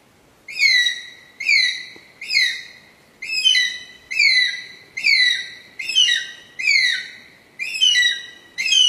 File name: Canto da aguia filipina